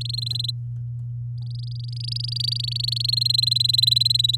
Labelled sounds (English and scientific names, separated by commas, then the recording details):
Domestic Canary (Serinus canaria) song
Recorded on 9 May 2018 at 06:28
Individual llb16